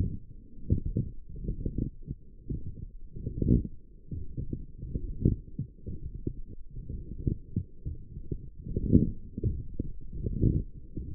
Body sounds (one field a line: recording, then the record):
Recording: forearm muscle sounds (acoustic myography)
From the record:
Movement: forearm pronation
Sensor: system 1, eight BSWA MPA416 microphones around the upper forearm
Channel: 2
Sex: male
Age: 23 years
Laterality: right